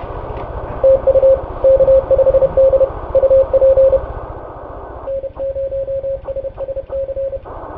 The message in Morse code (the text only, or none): TU K5D UP N0SSC